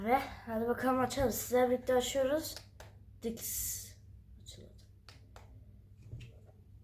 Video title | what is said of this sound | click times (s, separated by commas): Braun Tansiyon aleti kutu açılışı kusura bakmayın arkadaşlar biraz hastaydım o zamanlar ☺️ | pilleri dediğim gibi oturmadı bunlar. | none